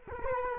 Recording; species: mosquito wingbeat signal from an infrared sensor; Culex quinquefasciatus